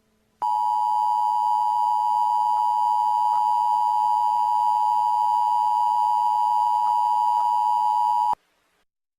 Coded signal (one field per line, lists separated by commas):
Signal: Emergency Alert System (SAME) tones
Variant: 853 and 960 Hz attention tone